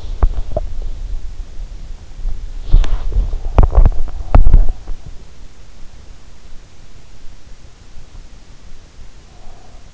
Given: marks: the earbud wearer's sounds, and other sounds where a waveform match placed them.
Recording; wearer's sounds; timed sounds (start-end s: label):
sounds in sleep by an in-ear microphone; teeth grinding
0.00-0.81 s: teeth grinding
2.43-4.85 s: teeth grinding